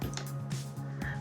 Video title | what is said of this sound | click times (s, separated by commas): Transformers Masterpiece Third-Party BLASTER and REWIND (Fans Toys Recorder and Fast Forward) | That comes up, this comes up and out until it clicks. | 0.2 s